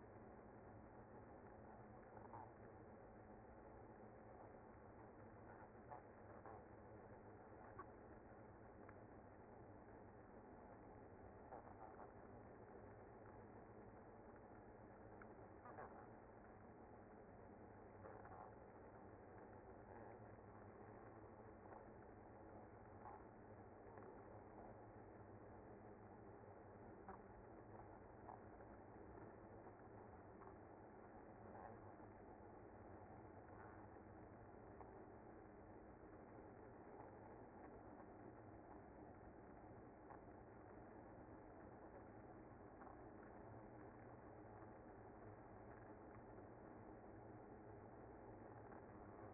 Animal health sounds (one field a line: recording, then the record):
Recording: honeybee colony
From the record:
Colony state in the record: active